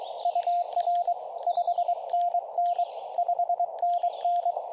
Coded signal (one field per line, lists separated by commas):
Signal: Morse code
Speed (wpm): 23 wpm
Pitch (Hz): 690 Hz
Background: radio noise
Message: UR 5NN 5NN